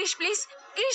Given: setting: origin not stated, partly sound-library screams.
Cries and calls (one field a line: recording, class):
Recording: one-second piece from a danger detection set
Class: woman in danger